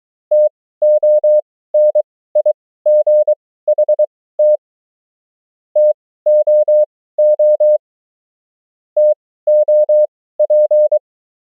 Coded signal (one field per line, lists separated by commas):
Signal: Morse code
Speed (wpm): 23 wpm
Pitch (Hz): 600 Hz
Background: none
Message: TONIGHT TOO TOP